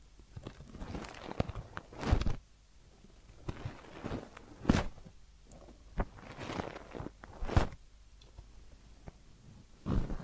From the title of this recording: Massage, Ear Cleaning and Spa